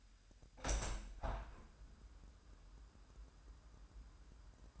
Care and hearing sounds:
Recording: daily activity, microphone in the room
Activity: open window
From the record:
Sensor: 2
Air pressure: 998.5 hPa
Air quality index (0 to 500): 132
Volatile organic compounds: 3 ppm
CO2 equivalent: 1499 ppm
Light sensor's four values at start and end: 6/15/6/7 and 7/15/6/7

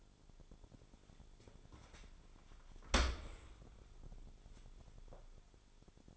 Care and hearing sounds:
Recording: daily activity, microphone in the room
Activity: open dishwasher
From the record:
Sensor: 5

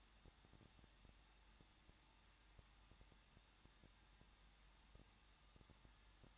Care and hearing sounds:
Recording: daily activity, microphone in the room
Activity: no activity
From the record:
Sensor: 3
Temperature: 21.2 degrees Celsius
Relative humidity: 36.2%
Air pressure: 1006.4 hPa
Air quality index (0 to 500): 221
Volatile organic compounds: 39 ppm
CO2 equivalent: 3136 ppm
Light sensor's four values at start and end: 2/3/2/2 and 2/3/2/2

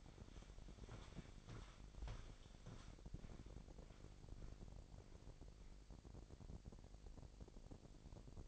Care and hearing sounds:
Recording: daily activity, microphone in the room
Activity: walk to room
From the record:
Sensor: 5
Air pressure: 1012.3 hPa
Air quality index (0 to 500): 236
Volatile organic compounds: 4 ppm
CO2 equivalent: 1572 ppm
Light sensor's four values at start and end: 54/124/52/55 and 55/129/54/57

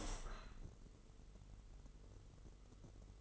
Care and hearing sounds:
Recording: daily activity, microphone in the room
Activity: open window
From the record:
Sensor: 4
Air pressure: 996.5 hPa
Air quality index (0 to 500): 73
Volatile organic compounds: 3 ppm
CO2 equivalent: 1369 ppm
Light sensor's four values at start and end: 20/53/20/22 and 21/55/21/23

